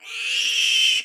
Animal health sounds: pig call; piglet (1 to 25 days)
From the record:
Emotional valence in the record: negative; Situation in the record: restrain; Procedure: in the arms of a person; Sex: male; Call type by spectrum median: high-frequency call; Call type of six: high-frequency modulated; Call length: 1.04 s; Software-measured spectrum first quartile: 2883 Hz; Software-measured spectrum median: 3200 Hz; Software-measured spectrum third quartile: 4804 Hz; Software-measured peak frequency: 3091 Hz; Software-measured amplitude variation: 97 dB a second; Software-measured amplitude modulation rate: 29.2 a second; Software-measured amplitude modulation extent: 3.3 dB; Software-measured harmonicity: 6.9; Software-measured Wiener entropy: -3.31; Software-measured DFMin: 1711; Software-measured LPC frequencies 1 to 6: 2650, 3104, 4641, 5628, 7339, 9067 Hz

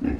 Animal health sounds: pig call; growing-finishing pig (85 days or more)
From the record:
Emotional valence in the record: negative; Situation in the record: barren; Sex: female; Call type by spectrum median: low-frequency call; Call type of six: low-frequency stable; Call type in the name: low-frequency stable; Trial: 4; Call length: 0.20 s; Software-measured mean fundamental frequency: 48 Hz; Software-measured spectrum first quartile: 152 Hz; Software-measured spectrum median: 257 Hz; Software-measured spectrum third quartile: 352 Hz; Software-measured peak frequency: 274 Hz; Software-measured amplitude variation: 249 dB a second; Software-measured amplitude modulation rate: 22.9 a second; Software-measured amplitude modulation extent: 10.9 dB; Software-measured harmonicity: 3.3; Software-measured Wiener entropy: -0.56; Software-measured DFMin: 989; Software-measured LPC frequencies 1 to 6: 302, 1738, 2578, 3941, 5054, 6709 Hz

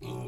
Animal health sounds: pig call; weaner (32 to 43 days)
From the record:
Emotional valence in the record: negative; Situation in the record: long isolation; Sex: female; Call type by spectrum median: low-frequency call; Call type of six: low-frequency stable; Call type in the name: low-frequency stable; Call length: 0.27 s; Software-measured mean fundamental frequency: 61 Hz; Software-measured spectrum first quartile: 145 Hz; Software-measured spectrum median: 342 Hz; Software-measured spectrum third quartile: 858 Hz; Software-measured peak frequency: 379 Hz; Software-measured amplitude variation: 74 dB a second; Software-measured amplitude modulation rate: 25.8 a second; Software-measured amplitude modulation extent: 2.9 dB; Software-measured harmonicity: -2.6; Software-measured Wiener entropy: -0.93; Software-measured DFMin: 1154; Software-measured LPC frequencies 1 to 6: 348, 973, 2460, 3338, 4142, 5965 Hz

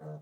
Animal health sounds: pig call; piglet (1 to 25 days)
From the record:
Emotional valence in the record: negative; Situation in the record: long isolation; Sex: female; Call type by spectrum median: low-frequency call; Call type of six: low-frequency stable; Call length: 0.22 s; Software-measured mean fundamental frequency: 76 Hz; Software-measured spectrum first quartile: 153 Hz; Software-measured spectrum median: 280 Hz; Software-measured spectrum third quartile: 562 Hz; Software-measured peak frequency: 451 Hz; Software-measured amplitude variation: 80 dB a second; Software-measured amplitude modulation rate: 11.2 a second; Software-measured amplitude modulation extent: 7.2 dB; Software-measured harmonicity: 2.3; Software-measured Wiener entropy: -0.17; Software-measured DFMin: 1060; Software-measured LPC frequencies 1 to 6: 581, 1425, 3186, 3987, 5061, 6216 Hz

